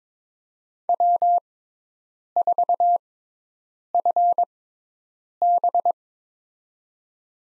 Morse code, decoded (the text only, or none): W4FB